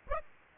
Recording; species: mosquito wingbeat signal from an infrared sensor; Aedes aegypti